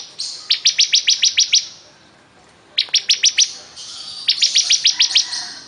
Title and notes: Ciblek Durasi Panjang 2. Suara Burung Ciblek Gacor